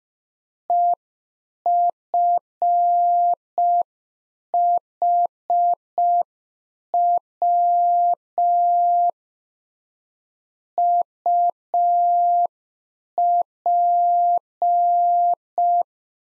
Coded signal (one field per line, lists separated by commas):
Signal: Morse code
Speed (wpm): 5 wpm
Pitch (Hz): 700 Hz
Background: none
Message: EFHW UP